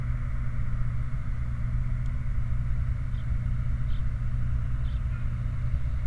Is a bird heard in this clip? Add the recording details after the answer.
yes. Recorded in the Prudhoe Bay oil fields, Alaska, on 29 July 2019 at 04:13. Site 29